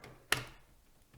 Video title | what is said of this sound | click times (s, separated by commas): Fractal Meshify 2 Step-by-Step PC Build Guide | there we go that's the click | 0.3 s